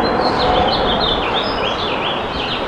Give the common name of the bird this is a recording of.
House Finch